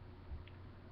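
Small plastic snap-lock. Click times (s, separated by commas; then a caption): 0.5 s. The telescoping plastic applicator of a compact tampon is pulled out to full length, with its plastic plunger extending until it locks. A short, sharp click sounds at 0.5 s over a steady low background hum. The applicator seats in its extended, locked position.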